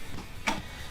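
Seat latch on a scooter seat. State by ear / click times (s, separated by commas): released / 0.5 s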